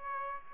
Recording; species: mosquito wingbeat signal from an infrared sensor; Aedes aegypti